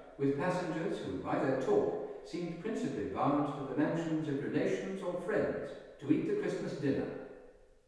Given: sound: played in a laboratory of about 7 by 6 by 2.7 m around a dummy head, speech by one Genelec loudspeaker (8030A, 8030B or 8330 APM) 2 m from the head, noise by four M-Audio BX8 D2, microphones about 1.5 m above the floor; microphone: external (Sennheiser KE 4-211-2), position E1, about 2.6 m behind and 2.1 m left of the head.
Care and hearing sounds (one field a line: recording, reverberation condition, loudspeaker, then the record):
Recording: male speech in English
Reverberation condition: high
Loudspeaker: 60 degrees to the right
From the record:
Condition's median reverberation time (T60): about 1300 ms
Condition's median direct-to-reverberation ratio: about -4.0 dB